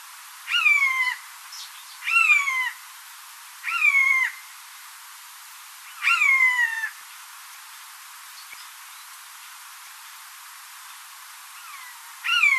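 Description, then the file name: Eurasian jay giving a run of nasal mewing notes, four close together in the first seven seconds, then a pause and a final mew, each with a falling slur. "Garrulus glandarius"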